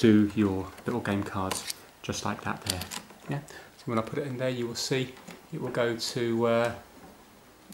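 Someone talks while pushing a small plastic game card into the game card reader of a stripped-down handheld console. Speech fills most of the clip, with a brief quiet sound right at the end near 7.7 s. The card has not yet clicked or seated in the reader.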